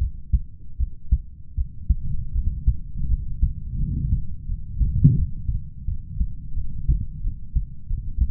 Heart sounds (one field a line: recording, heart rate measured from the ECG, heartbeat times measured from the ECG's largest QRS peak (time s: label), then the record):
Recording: heart sounds by stethoscope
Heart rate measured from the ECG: 84 bpm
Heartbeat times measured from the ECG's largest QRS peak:
0.77 s: heartbeat
1.55 s: heartbeat
2.33 s: heartbeat
3.08 s: heartbeat
3.77 s: heartbeat
4.46 s: heartbeat
5.16 s: heartbeat
5.86 s: heartbeat
6.54 s: heartbeat
7.22 s: heartbeat
7.87 s: heartbeat
From the record:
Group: healthy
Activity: rest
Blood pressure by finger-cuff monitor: 96/66 mmHg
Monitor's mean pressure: 75 mmHg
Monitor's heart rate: 85 bpm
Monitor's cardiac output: 6.1 L/min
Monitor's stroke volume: 78 mL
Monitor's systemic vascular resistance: 900 dyn s/cm5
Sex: male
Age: 20 years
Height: 187 cm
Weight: 68.9 kg